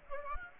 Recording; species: mosquito wingbeat signal from an infrared sensor; Aedes aegypti